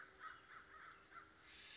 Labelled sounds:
American Crow

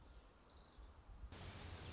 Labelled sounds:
Orange-crowned Warbler

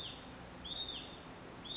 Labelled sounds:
Hutton's Vireo

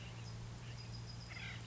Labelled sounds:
Acorn Woodpecker

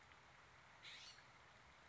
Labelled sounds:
California Scrub-Jay

